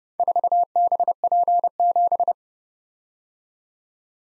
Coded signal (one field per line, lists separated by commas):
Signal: Morse code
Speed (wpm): 30 wpm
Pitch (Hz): 700 Hz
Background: none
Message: 4BP7